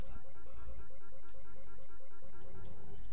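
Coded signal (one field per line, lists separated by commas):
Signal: none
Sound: game sound effect beeps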